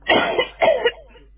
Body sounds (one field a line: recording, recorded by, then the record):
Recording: voluntary cough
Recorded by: telephone call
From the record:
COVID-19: positive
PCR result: checked with the laboratory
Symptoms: yes